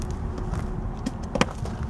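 A snap fastener on a bed cushion is pressed closed onto a van bed platform, fastening the cushion back in place. Over a low, steady rumble, a few faint taps lead to a sharp snap at 1.4 s. The cushion is seated and held in place.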